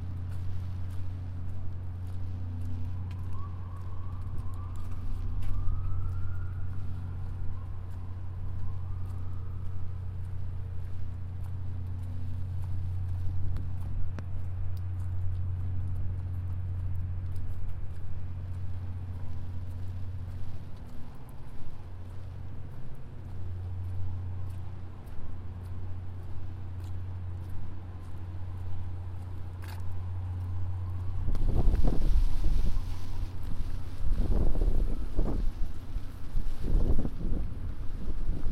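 A binaural field recording on the move through the city, dominated by a steady low rumble of engines and traffic. Faint tones drift in and out above the drone, with scattered clicks and knocks. After about thirty seconds, heavier clattering bursts and thumps rise in loudness.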